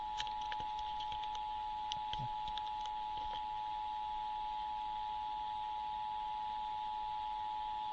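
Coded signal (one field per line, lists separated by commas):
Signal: Emergency Alert System (SAME) tones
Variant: 853 and 960 Hz attention tone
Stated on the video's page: Collection of EAS tests including state required monthly tests, one originated after a failed first attempt.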